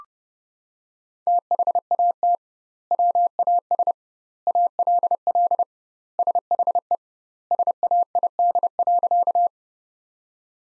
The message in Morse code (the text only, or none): THAT WAS ALL SHE SAID.